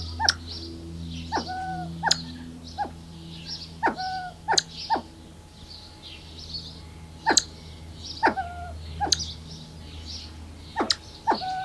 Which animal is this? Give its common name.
Siamese Fireback